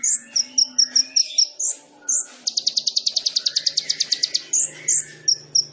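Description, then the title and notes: Olive-backed sunbird song: high sharp notes and quick chips, then a long fast trill, then more high notes. Indonesian masteran training recording for songbirds; sunbird song described as gacor (singing vigorously), with full isian (filler phrases) and tembakan (bursts), intended as pancingan to stimulate other birds. "MASTERAN KOLIBRI NINJA TERBAIK FULL ISIAN DAN TEMBAKAN MEWAH COCOK BUAT PANCINGAN. Suara Burung Kolibri Ninja Gacor"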